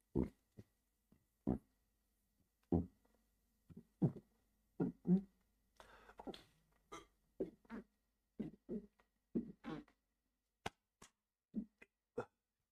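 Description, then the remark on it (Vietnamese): A long series of short, low, throaty burps caused by gastroesophageal acid reflux while reading aloud, around fifteen, arriving at irregular intervals with brief pauses between them, fairly loud and with no talking. “Lúc mà đang đọc lắm, lúc đang đọc nó cứ bị ợ lên.”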